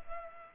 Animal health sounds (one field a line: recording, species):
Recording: mosquito wingbeat signal from an infrared sensor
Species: Culex pipiens